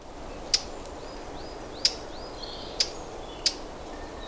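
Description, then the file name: Eurasian blackcap, hard clicking tack notes about once a second, with faint thin whistles between them over steady hiss. "Sylvia atricapilla"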